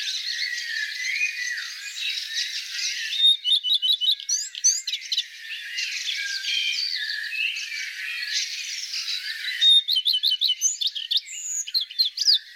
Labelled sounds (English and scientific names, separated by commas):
Common Redstart (Phoenicurus phoenicurus) song